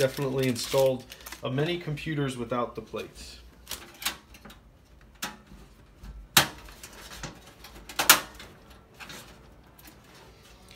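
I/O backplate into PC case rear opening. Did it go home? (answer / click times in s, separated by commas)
yes / 6.4 s, 8.1 s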